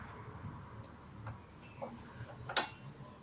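The rear brake pad is worked back and forth in the front brake caliper of a CB500X motorcycle because it was not seated properly. Faint ticks come before a sharp click at 2.6 s as the pad seats home in the caliper.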